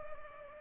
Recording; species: mosquito wingbeat signal from an infrared sensor; Culex pipiens